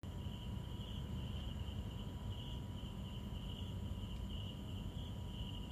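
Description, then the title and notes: Insects calling in a steady high chorus, a continuous faintly pulsing trill held throughout, over a constant low humming rumble. Insects calling at night in hot weather, darkness falling around 18.00, An Bang Beach, Hoi An, Vietnam, 2023; fans buzzing nearby. "An Bang Beach Sounds of Hoi An Vietnam 2023. Nightime singing hot Insects calling in the night hot, 18.00 hours darkness descends"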